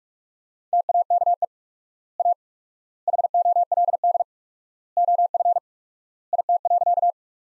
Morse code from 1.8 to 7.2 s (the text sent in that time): A HOLD OF IT.